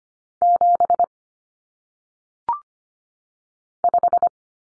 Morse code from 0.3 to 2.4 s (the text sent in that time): 7